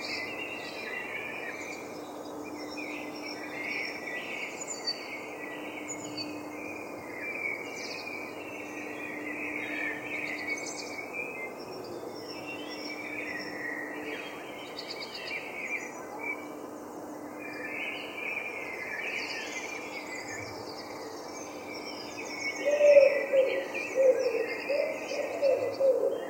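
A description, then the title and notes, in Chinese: A London dawn chorus: many small birds chirp and trill without a break, a dense, bright layer of overlapping calls. A faint steady hum runs underneath. Near the end, from about 22 seconds, louder, lower notes break in, like a pigeon cooing. 在繁华的伦敦市中心。迷人的鸟语黎明合唱。当阳光以粉红和金色轻柔地涂绘天空时，各种各样的羽毛生物借出声音，创造出一个迷人的旋律。伦敦黎明合唱。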